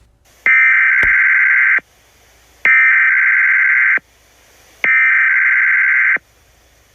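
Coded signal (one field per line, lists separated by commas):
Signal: Emergency Alert System (SAME) tones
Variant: header bursts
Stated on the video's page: Fictional EAS alert, a simulated scenario.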